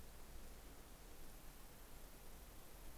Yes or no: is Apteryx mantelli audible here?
no